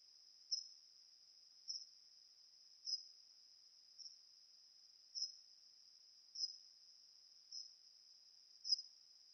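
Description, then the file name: Bat calls rendered as several brief pulses within a steady, narrow high band. Processed, recorded 8 June 2006. "20060608 Bat Processed"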